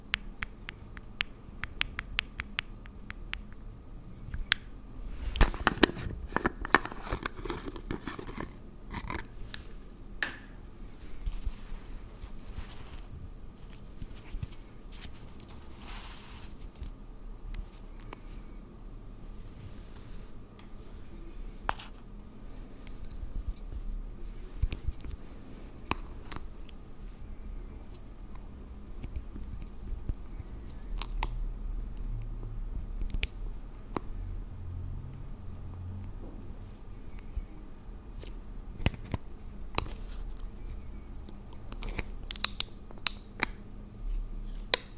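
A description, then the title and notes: Makeup is applied to a face in first person, heard as scattered small clicks, taps and soft scrapes of brushes and containers. A denser burst of rustling comes around five to nine seconds, then irregular ticks continue over a low steady hum. ASMR First person Makeup On Your Face(No Talking).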